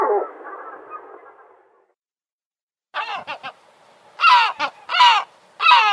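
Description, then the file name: Gull calls: a fading rough squawk, then after a pause a run of short harsh barking notes and three loud drawn-out nasal cries, repeated about once a second. "CHajka morskaja"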